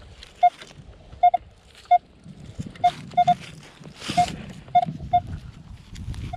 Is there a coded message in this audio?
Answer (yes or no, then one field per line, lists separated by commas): no